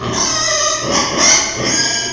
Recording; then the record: squeal of a Yucatan mini pig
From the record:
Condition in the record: before surgery on the right vocal fold (resection and tissue-engineered implant); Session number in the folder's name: 2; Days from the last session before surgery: 0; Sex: male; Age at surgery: 12 weeks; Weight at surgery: 13 kg